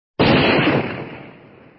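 A single sharp revolver shot cracks out suddenly and loudly on a frosty morning, followed by a dull rumbling tail that fades away over about a second and a half. No voices are heard.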